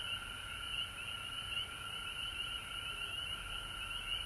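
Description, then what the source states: Frogs in full chorus, rapid repeated chirping notes layered into a constant shrill trill. Recorded at home in Georgia on March 19, 2020.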